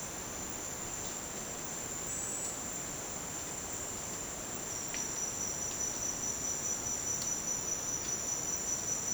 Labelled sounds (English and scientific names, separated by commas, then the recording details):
none
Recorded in dense forest near Puerto Asís, Putumayo, Colombia, on 27 June 2025 at 09:30
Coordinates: 0.484, -76.317
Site G045